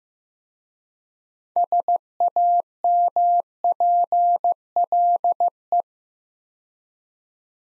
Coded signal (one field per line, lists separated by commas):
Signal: Morse code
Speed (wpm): 15 wpm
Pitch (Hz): 700 Hz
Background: none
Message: SAMPLE